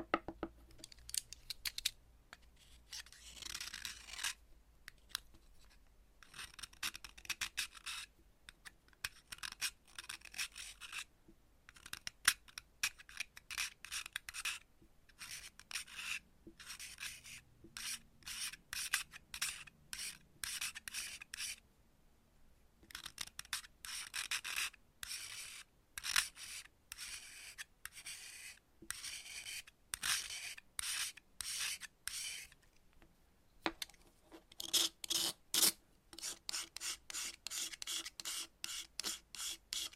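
Chalk is cut and scraped in bursts of dry, gritty rasping, mostly bright and hissy with crumbly texture. Strokes come in clusters separated by short silences, with a brief pause near 5 seconds and again around 22 and 33 seconds, then faster rapid scrapes near the end.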